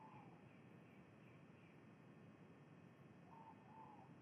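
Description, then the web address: Ivory-breasted pitta, a trailing whistle at the opening and one complete two-note phrase near the end, with a few faint higher notes from another bird early on. Indonesia. "ULM-DS-Lab indonesian-bird-sounds Pitta maxima"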